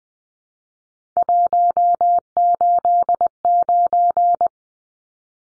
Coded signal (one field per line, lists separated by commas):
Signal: Morse code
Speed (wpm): 20 wpm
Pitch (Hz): 700 Hz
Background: none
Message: 189